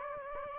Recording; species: mosquito wingbeat signal from an infrared sensor; Aedes aegypti